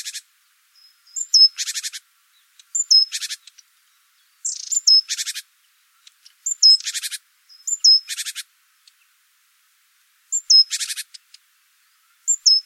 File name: Parus major